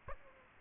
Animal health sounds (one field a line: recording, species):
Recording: mosquito wingbeat signal from an infrared sensor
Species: Aedes aegypti